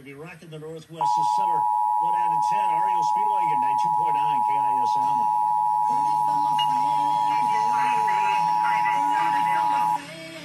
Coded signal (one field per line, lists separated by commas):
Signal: Emergency Alert System (SAME) tones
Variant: 853 and 960 Hz attention tone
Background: speech, music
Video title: Required Monthly Test - Island County DEM (3-8-2022)/San Juan EOC(3-10-2022)